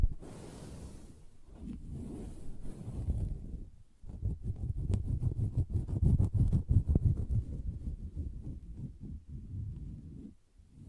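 Soft tapping and scratching on a fabric surface, muffled and low. The first four seconds are a dull rubbing rumble with a brief hiss at the start. After a short pause, dense, quick, irregular taps and scrapes follow until near the end.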